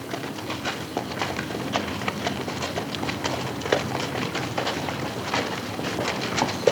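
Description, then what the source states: Horse hoofbeats, a steady run of dull, irregular clops on soft ground, with a light hiss of background noise. Two horses on a dirt road.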